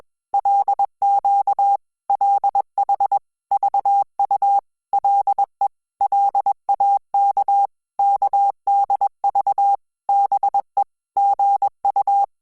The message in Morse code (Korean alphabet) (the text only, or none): 개 구 리 가 공 을 다 시